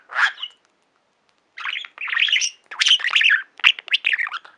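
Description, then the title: Budgerigar chatter: a single chirp, over a second of silence, then steady bursts of scratchy warbles and squeaks. "Budgie Sounds"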